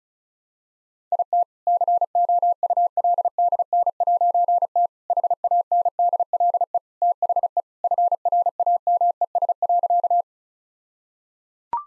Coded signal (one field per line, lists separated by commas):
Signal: Morse code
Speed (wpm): 34 wpm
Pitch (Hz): 700 Hz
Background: none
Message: IT COULDN'T HANDLE THE FRAMES.